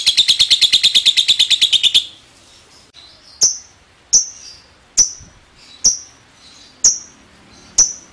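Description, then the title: Bird gives a fast run of high repeated notes for two seconds, then sharp single high chips spaced roughly a second apart. Bird song from a masteran training recording. "Masteran Burung"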